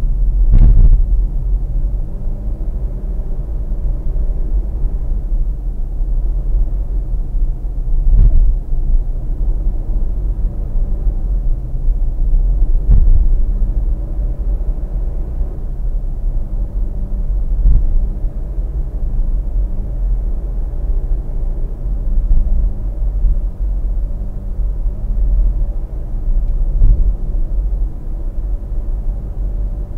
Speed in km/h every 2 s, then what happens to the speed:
43, 48, 53, 57, 59, 61, 61, 62, 61, 62, 63, 64, 64, 65, 65.
0-10 speeds up to 61. 10-30 steady at about 62.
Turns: none.